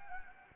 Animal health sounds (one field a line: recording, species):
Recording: mosquito wingbeat signal from an infrared sensor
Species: Anopheles gambiae